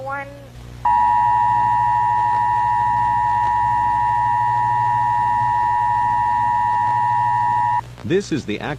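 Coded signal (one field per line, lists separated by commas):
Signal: Emergency Alert System (SAME) tones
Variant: 853 and 960 Hz attention tone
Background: speech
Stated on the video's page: Fictional, self-made EAS scenarios.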